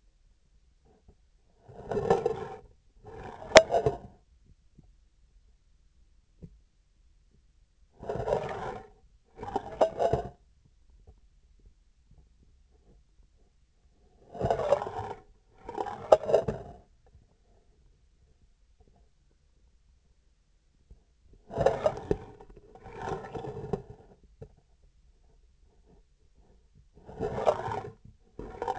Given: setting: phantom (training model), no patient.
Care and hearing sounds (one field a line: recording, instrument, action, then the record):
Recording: laparoscopic instrument, vibration sensor on the handle end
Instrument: scissors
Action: approaching and retracting movements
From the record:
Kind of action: spatial motion